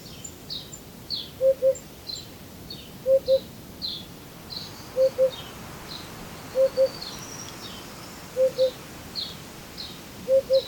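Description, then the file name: Eurasian hoopoe giving soft, low, hollow double hoots, repeated just under every two seconds, while another bird chirps high-pitched notes in the background. "Hoopoe"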